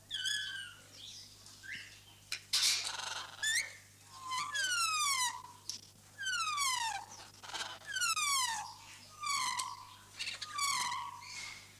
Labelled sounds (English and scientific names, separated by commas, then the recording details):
Grey Parrot (Psittacus erithacus) call
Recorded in captivity
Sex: pair
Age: adult
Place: Vogelpark Niendorf, Schleswig-Holstein, DE
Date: 2006-09-28
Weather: sonnig, 24°C
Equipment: Grundig CR 110, Sennheiser ME 80, Kopie Uher 4000 Report Monitor
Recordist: Tembrock, Günter